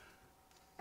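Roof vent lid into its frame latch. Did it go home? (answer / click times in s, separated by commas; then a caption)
no / none. The plastic roof vent lid of a 2001 Auto-Sleeper Executive is handled as it is pulled down toward its frame latch, to be closed for travelling at speed. A soft rustle around 0.5 s is followed by a brief sharp knock at 0.8 s. Nothing has seated or clicked into place yet.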